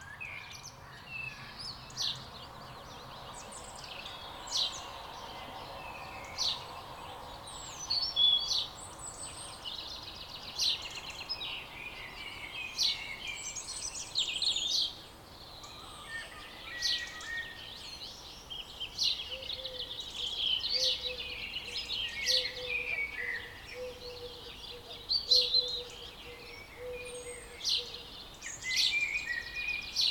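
A dawn chorus of many birds fills the Scottish valley, with bright overlapping chirps, trills and whistled phrases repeating every second or two throughout. A soft steady hiss sits underneath, and from about 19 to 28 seconds a low, evenly pulsed call repeats in the background.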